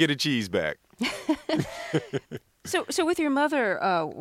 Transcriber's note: soundbite of laughter